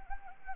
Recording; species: mosquito wingbeat signal from an infrared sensor; Anopheles gambiae